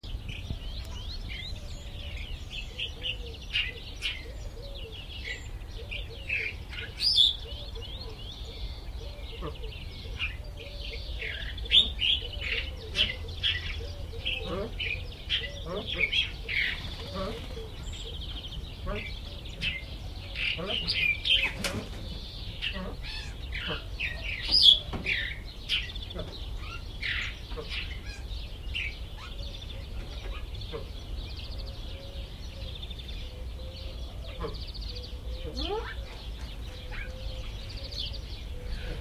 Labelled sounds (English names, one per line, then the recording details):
Evening Grosbeak song
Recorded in captivity
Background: Crossoptilon crossoptilon
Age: adult
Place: Tierpark Berlin, Berlin, DE
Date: 1978-04-10 12:50
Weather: sunny, 14°C
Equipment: Uher 4200 Report Stereo, Sennheiser MD 421 HL, Verstärker
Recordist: Tembrock, Günter
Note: Gesang. Abstand: 2 m. Hintergrund: Weißer Ohrfasan